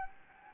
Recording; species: mosquito wingbeat signal from an infrared sensor; Anopheles gambiae